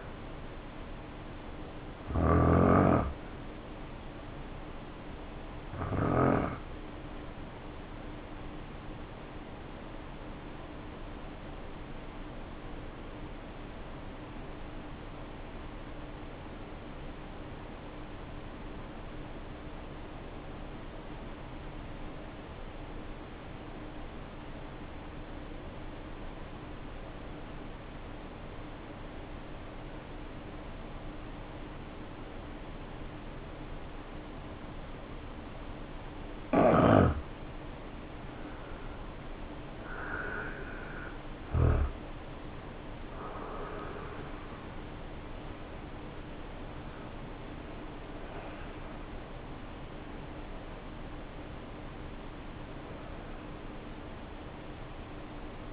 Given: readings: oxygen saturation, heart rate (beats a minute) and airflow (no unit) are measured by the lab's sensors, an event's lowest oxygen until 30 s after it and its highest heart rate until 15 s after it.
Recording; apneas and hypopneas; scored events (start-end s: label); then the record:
breathing in sleep by a voice recorder at the bedside; 1
8.00-35.40 s: hypopnea (N1, oxygen 95% highest, then 76% lowest, heart rate 51 at the start, 73 highest)
From the record:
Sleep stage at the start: N1 (lightest sleep); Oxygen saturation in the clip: 77 to 95%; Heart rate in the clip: 49 to 73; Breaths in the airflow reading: 10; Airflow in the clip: -7.1 to 7.4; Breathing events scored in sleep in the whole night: 520 in 7.2 hours asleep